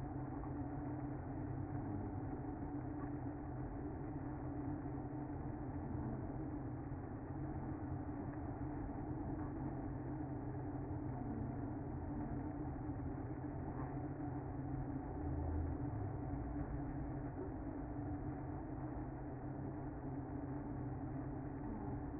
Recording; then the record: honeybee colony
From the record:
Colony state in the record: active